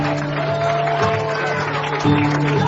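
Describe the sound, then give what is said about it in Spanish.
An audience at a church service led by Pastor Heber Rodríguez claps steadily to praise God after a man accepts the Lord, a dense wash of applause with sustained musical tones held underneath throughout. “Si usted puede aplaudir y alabar la gloria de Dios, hágalo.”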